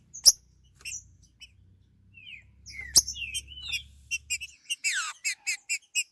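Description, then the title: Green-winged saltator giving a few slurred whistles amid clicks and low rumbling, ending in a quick series of bright repeated chirps. "Trinca Ferro"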